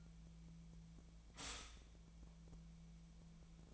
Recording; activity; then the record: daily activity, microphone in the room; stop toaster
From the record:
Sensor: 1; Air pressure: 1009.3 hPa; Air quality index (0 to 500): 196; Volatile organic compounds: 19 ppm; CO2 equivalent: 2670 ppm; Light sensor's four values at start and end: 28/71/29/35 and 28/71/29/35